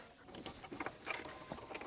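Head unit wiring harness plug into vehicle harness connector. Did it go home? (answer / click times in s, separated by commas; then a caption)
no / none. A plastic head unit wiring harness plug is handled against the matching vehicle harness connector during an install of a CartrimHome C12 14.6" screen Android head unit in a 3rd Gen Toyota Tacoma. Soft plastic rustling and tapping is heard, with a few sharp ticks around 0.8, 0.9 and 1.1 seconds. Nothing has seated or clicked yet; the plug is not yet home.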